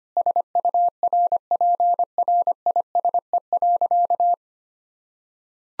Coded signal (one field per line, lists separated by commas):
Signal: Morse code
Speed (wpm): 25 wpm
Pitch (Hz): 700 Hz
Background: none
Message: SURPRISE.